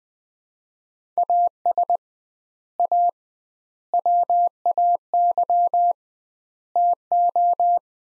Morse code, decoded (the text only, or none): AS A WAY TO